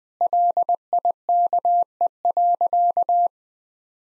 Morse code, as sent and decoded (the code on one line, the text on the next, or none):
.-.. .. -.- . .-.-.-
LIKE.